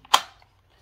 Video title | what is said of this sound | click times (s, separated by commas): VEDDER POCKET LOCKER REVIEW #pewpew #pocketdump | it also provides adequate trigger guard protection and the retention of the firearm is more than adequate with a very positive click | 0.1 s